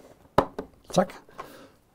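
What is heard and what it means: The second side of a plastic holder for a model railway programming track is pushed onto the track section and snaps home with a sharp click at 0.4 s, followed by a softer tap at 0.6 s and another at 1.4 s. Someone talks. The holder is seated on the track.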